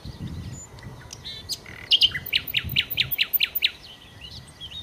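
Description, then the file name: Common nightingale song starting with soft varied notes, then a loud series of sharp, rapidly repeated chirps, over faint low background rumble. "Nachtigall"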